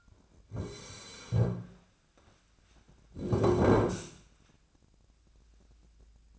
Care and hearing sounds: daily activity, microphone in the room; sit down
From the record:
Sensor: 2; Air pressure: 1009.1 hPa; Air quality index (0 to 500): 172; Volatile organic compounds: 2 ppm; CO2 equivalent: 1255 ppm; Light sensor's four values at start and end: 33/89/37/40 and 31/83/35/37

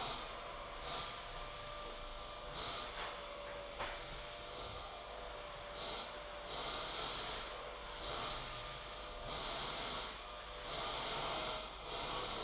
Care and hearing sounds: daily activity, microphone in the room; vacuum cleaning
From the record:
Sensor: 5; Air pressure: 992.0 hPa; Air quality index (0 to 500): 175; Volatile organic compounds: 621 ppm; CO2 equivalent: 4959 ppm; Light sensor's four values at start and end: 31/106/39/42 and 31/106/39/42

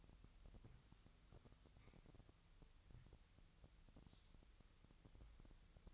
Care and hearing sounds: daily activity, microphone in the room; wipe stove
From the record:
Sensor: 3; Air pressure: 1001.6 hPa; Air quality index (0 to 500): 222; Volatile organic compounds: 30 ppm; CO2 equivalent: 2949 ppm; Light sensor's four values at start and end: 11/33/14/12 and 11/33/14/12

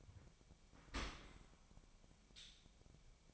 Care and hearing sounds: daily activity, microphone in the room; open dishwasher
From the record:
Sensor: 1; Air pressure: 1006.8 hPa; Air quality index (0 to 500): 207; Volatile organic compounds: 23 ppm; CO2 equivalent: 2787 ppm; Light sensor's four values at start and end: 13/33/13/14 and 13/33/13/14

